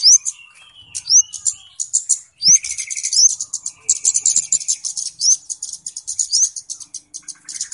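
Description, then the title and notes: Flowerpecker calls: dry, very high ticking bursts mixed with repeated short sharp rising whistled upslurs, and a faint steady high whine in places. Call used as a lure (pikat) for bird trapping; known locally as Kemade or Cabe Cabean; described as a clear recording. "Kicau Burung Kemade ( Cabe Cabean) Jernih. Suara Burung Cabe Cabean Pikat"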